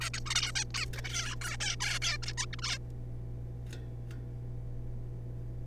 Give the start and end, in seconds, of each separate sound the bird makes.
0.01-0.09, 0.14-0.20, 0.26-0.52, 0.55-0.65, 0.74-0.86, 0.93-1.35, 1.41-1.57, 1.60-1.76, 1.80-1.99, 2.02-2.17, 2.22-2.33, 2.37-2.46, 2.53-2.56, 2.58-2.61, 2.62-2.78